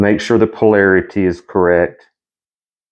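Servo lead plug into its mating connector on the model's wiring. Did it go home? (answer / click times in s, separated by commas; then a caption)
no / none. A plastic servo lead connector on the wiring of an FMS 1220mm Ranger EP V2 with Reflex V3 is handled, polarity checked, ready to be pushed into its mating plug. Someone talks for about two seconds, followed by near silence. Nothing has seated or clicked yet.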